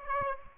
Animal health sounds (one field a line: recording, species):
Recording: mosquito wingbeat signal from an infrared sensor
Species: Aedes aegypti